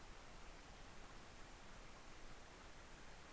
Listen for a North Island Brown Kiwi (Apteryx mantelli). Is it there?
no